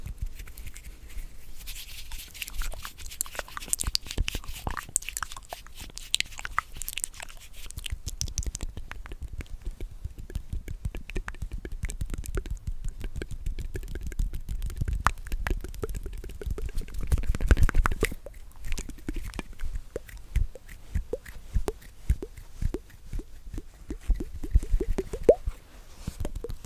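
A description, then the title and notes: Mouth sounds made up of dense, rapid clicks and wet smacks that run almost without pause for the whole stretch. Below them sits a soft low rumble. The crackle thins briefly around the eighteen-second mark, then picks back up, bright and busy. ASMR The MOST Tingly MOUTH Sounds.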